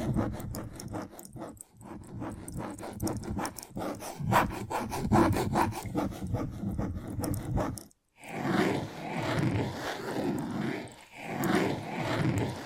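Rapid, dense tapping and scratching strokes come in quick regular bursts for the first eight seconds, gritty and bright like wood being rasped. After a brief silence, softer tracing follows, slow rubbing sweeps that swell and fade in waves.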